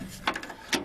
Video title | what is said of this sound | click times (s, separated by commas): "Homer's First Haul" 1959 Chevy Viking 60 | it'll lock into Place | 0.3 s